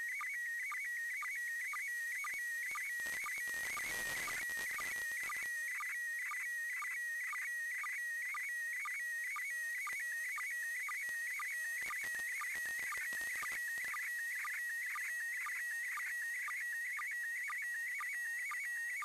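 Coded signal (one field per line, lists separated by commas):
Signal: SSTV (slow-scan television)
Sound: warbling, chirping tone shifting around constantly, with a short low blip twice a second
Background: radio static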